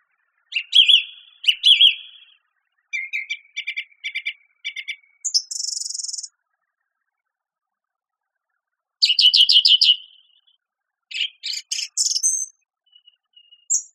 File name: suara kicauan burung song thrush. omkicau